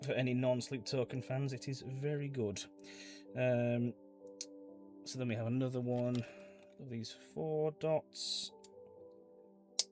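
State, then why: Seated. A plastic building brick with four studs is pressed onto the studs of a model and snaps into place with a sharp click at 9.8 s. Music plays and someone talks throughout.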